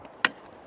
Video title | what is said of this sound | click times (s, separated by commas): And Now, for Something Different, BodegaCooler Drawer Fridge | some other ones that we saw just don't latch very well this one has a very solid sounding satisfying click it holds it in place | 0.2 s